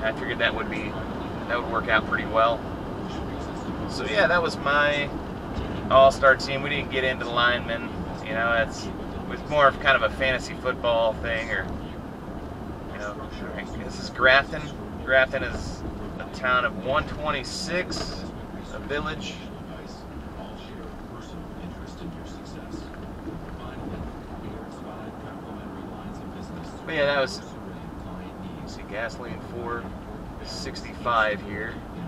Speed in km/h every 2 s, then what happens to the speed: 109, 103, 98, 97, 89, 82, 77, 77, 77, 72, 69, 69, 71, 71, 71, 69.
0-20 slows to 69. 20-32 steady at about 69.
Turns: none.